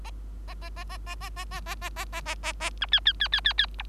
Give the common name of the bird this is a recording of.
Bengalese Finch